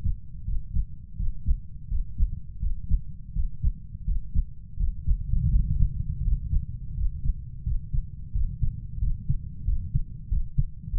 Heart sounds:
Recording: heart sounds by stethoscope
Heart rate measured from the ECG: 86 bpm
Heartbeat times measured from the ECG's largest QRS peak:
0.47 s: heartbeat
1.19 s: heartbeat
1.91 s: heartbeat
2.62 s: heartbeat
3.35 s: heartbeat
4.07 s: heartbeat
4.79 s: heartbeat
5.52 s: heartbeat
6.24 s: heartbeat
6.97 s: heartbeat
7.66 s: heartbeat
8.35 s: heartbeat
9.02 s: heartbeat
9.67 s: heartbeat
10.31 s: heartbeat
10.93 s: heartbeat
From the record:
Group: healthy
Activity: breath hold 0-6 s, rest 6-11 s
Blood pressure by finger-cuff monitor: 138/75 mmHg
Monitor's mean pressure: 92 mmHg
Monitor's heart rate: 84 bpm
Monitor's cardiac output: 7.2 L/min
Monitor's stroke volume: 85 mL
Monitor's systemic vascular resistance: 950 dyn s/cm5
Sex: male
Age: 21 years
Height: 175 cm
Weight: 72.6 kg

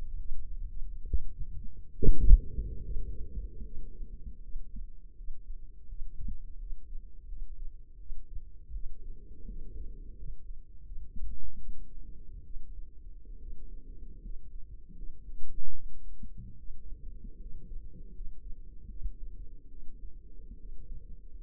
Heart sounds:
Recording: heart sounds by microphone in the left ear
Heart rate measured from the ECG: 76 bpm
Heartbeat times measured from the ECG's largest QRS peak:
0.17 s: heartbeat
1.04 s: heartbeat
1.90 s: heartbeat
2.80 s: heartbeat
3.62 s: heartbeat
4.40 s: heartbeat
5.14 s: heartbeat
5.86 s: heartbeat
6.57 s: heartbeat
7.26 s: heartbeat
7.97 s: heartbeat
8.71 s: heartbeat
9.45 s: heartbeat
10.15 s: heartbeat
10.83 s: heartbeat
11.56 s: heartbeat
12.42 s: heartbeat
13.38 s: heartbeat
14.20 s: heartbeat
14.94 s: heartbeat
15.71 s: heartbeat
16.56 s: heartbeat
17.37 s: heartbeat
18.11 s: heartbeat
18.86 s: heartbeat
19.68 s: heartbeat
20.56 s: heartbeat
21.36 s: heartbeat
From the record:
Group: healthy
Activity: Valsalva maneuver 0-2 s, rest 2-21 s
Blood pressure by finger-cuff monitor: 82/52 mmHg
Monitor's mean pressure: 63 mmHg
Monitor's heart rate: 78 bpm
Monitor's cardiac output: 6.1 L/min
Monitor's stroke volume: 77 mL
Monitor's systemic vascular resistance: 710 dyn s/cm5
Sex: female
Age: 22 years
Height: 163 cm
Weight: 67.1 kg

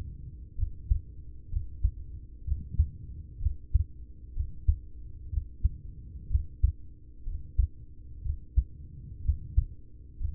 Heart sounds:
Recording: heart sounds by stethoscope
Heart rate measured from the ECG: 62 bpm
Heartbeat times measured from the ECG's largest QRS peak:
0.54 s: heartbeat
1.48 s: heartbeat
2.44 s: heartbeat
3.38 s: heartbeat
4.32 s: heartbeat
5.29 s: heartbeat
6.27 s: heartbeat
7.22 s: heartbeat
8.21 s: heartbeat
9.21 s: heartbeat
10.17 s: heartbeat
From the record:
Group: heart failure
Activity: rest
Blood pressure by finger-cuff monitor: 92/51 mmHg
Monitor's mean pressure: 66 mmHg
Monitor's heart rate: 63 bpm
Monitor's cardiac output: 5.8 L/min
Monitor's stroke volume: 93 mL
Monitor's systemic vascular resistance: 800 dyn s/cm5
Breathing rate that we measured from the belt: 19 breaths a minute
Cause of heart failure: ischemic heart disease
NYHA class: 1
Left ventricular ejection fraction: 33%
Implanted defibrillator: present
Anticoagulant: apixaban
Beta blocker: carvedilol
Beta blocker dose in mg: 18.75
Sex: male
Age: 39 years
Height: 168 cm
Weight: 72 kg

